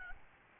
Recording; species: mosquito wingbeat signal from an infrared sensor; Aedes albopictus